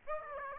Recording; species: mosquito wingbeat signal from an infrared sensor; Aedes aegypti